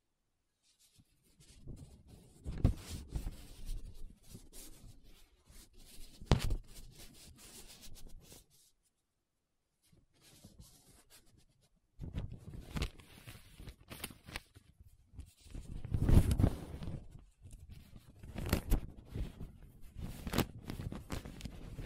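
Paper being rubbed, scratched and traced in uneven bursts, with sharp strokes near 2.5, 6.5, 16 and 19 seconds. The sound is dense and scratchy, running low to bright. A silent gap stretches from about 8.5 to 12 seconds before the rubbing resumes.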